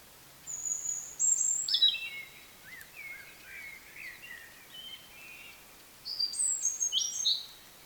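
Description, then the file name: European robin song: high, thin whistled and trilled phrases, each varied, in two loud bursts with softer lower warbling notes between them. "Erithacus rubecula"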